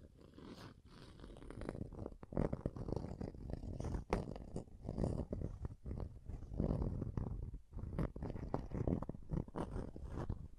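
Scratching and tracing across a surface, a rough, grinding rasp that runs nearly continuously and sits mostly in the low and middle range. Short strokes and scrapes pile up densely, broken by brief pauses near 2, 4 and 7.5 seconds.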